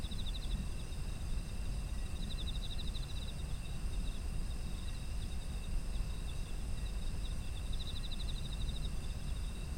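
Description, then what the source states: Autumn insects: a chorus of steady high trills, punctuated by several pulsed chirp runs, over a low background rumble. Autumn insect ambient soundscape.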